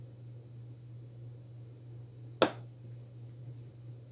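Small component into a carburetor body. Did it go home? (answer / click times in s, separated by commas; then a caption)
yes / 2.4 s. A small component is pressed into the body of a Walbro HDB small-engine carburetor during assembly, over a steady low hum. It snaps into place with one sharp click at 2.4 s, followed by a much fainter tick at 3.6 s, and the part is seated.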